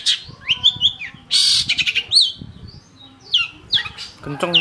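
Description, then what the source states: Long-tailed shrike song mixing thin whistled slurs with harsh rasping bursts and chatters, ending in a quick rattled series of notes. Training (master) recording for songbird keepers; Indonesian name cendet.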